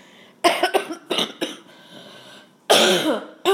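Several harsh, loose coughs in quick bursts from an adult with a bad case of bronchitis, confirmed by chest X-ray with no pneumonia; a productive cough clearing chest phlegm.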